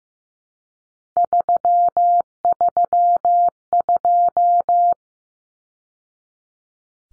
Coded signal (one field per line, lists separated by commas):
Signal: Morse code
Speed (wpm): 15 wpm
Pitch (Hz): 700 Hz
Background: none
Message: 332